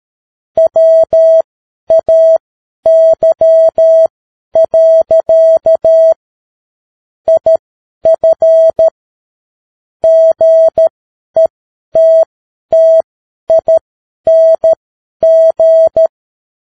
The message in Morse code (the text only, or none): WAY. IF GETTING